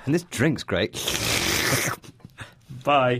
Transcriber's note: slurping his drink